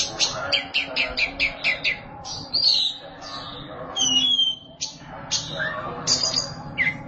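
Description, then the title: Oriental magpie-robin song opening with a rapid series of sharp repeated notes, then clear slurred whistles and downward-curving notes. Song (kicauan). "Suara Kicauan Burung Kacer Durasi Panjang"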